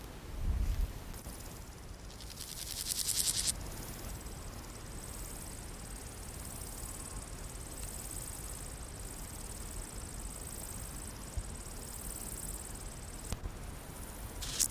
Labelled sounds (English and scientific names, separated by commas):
Steppe Grasshopper (Chorthippus dorsatus)